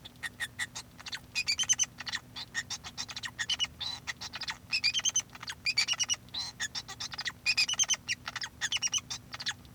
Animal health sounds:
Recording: song of a male Bengalese finch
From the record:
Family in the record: son of father 2

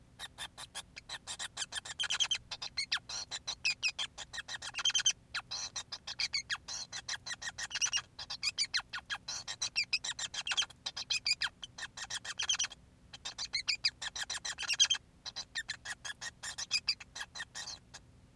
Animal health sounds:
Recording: song of a male Bengalese finch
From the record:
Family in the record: son of father 5

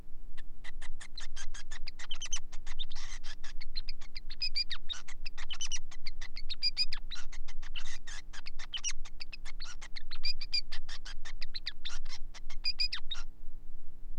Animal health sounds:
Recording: song of a male Bengalese finch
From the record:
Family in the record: son of father 5

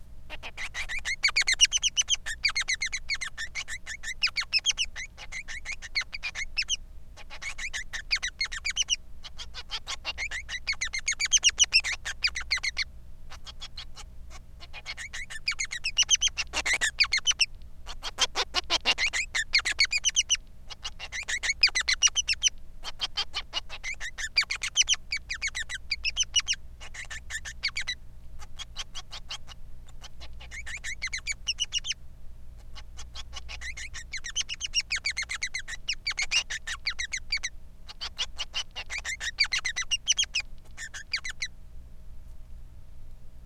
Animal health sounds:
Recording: song of a male Bengalese finch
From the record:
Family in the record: son of father 3

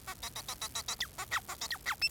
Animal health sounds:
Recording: song of a male Bengalese finch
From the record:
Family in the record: son of father 4

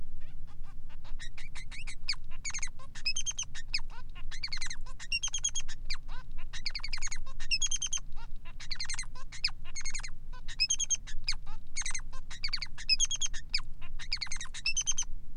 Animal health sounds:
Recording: song of a male Bengalese finch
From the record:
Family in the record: son of father 3

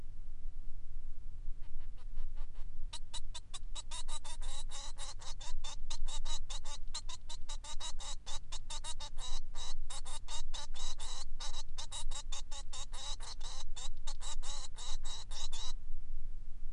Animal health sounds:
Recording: song of a male Bengalese finch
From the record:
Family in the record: son of father 3

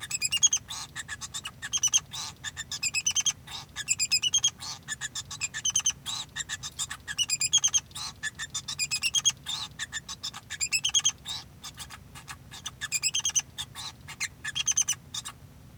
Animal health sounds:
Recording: song of a male Bengalese finch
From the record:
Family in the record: son of father 2

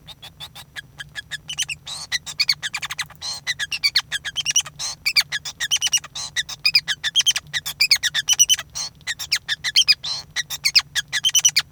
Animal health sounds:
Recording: song of a male Bengalese finch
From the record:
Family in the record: son of father 5

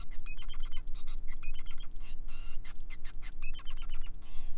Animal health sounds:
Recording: song of a male Bengalese finch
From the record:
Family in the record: son of father 5

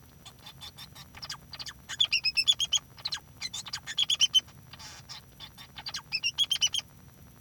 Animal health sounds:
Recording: song of a male Bengalese finch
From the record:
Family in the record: son of father 2

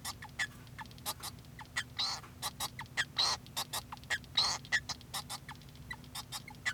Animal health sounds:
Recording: song of a male Bengalese finch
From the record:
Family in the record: son of father 2

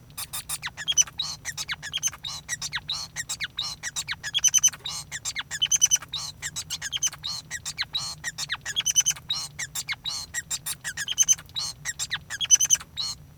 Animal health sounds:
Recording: song of a male Bengalese finch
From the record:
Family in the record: son of father 5

